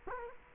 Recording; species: mosquito wingbeat signal from an infrared sensor; Culex quinquefasciatus